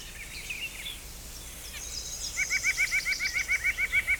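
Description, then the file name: White-breasted nuthatch giving a fast, steady run of many short notes. "John D Curnow - White-Breasted Nuthatch"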